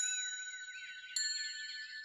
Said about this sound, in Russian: Колокольчик отрывисто звякнул.